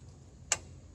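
A high-lift jack handle is worked until the steel climbing pin engages a hole in the jack's rack, giving one sharp, loud click at 0.5 s over a steady low background rumble. The climbing pin is seated in the rack.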